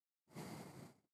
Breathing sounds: one breath near a microphone; exhalation

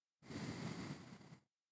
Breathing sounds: one breath near a microphone; exhalation

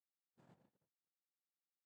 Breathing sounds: one breath near a microphone; exhalation

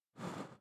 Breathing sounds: one breath near a microphone; exhalation

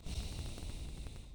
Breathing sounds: one breath near a microphone; exhalation

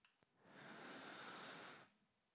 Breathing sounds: one breath near a microphone; inhalation

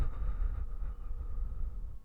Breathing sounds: one breath near a microphone; exhalation

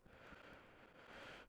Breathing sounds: one breath near a microphone; inhalation

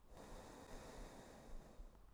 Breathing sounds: one breath near a microphone; exhalation

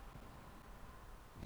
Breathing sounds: one breath near a microphone; inhalation

